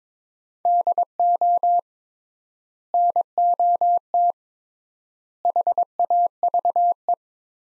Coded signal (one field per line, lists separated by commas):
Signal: Morse code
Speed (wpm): 22 wpm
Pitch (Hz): 700 Hz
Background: none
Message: DO NOT HAVE